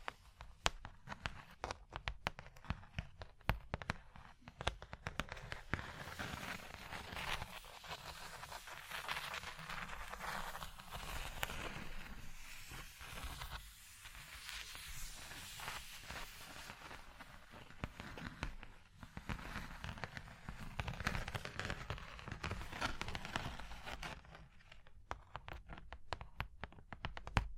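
Tapping, scratching and tracing on a surface, with dense sharp clicks and taps scattered throughout. Stretches of continuous rough scratching swell in the middle and again toward the end, while quicker bursts of separate taps mark the start and the final seconds.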